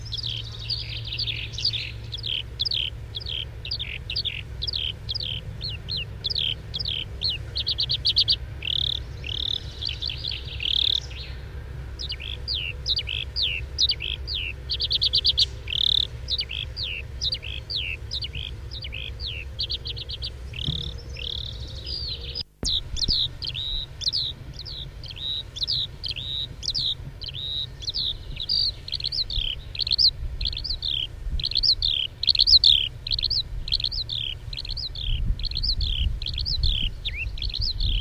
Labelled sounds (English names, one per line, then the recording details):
Eurasian Skylark flight song
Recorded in the wild
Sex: male
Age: adult
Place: Röttenbach, Bayern, DE
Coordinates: 49.665, 10.9544
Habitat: edge of the woods, wet meadow
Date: 1964-06-27
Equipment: Original, Vollspur, Parabolspiegel Grampian
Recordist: Tretzel, Erwin
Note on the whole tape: Röttenbach A: Sumpfwiese, Waldrand: langdauernder Singflug